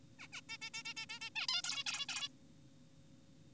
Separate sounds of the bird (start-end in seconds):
0.19-0.28, 0.33-0.41, 0.49-0.58, 0.62-0.70, 0.74-0.83, 0.85-0.94, 0.97-1.06, 1.10-1.20, 1.21-1.30, 1.36-1.47, 1.49-1.62, 1.64-1.84, 1.86-2.06, 2.09-2.29